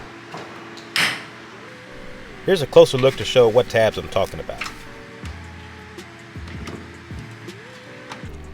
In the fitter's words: get your door assembly and line up the bottom with the tabs and let it slide in push forward and you'll hear a snap